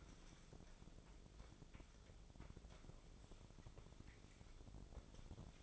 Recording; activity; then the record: daily activity, microphone in the room; wipe stove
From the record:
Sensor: 5